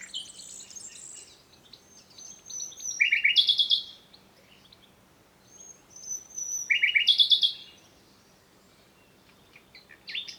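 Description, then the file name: Common nightingale song in two phrases about four seconds apart, each with a whistled lead-in then a rapid, pulsed, buzzy trill, with quieter twittering between. "Luscinia megarhynchos"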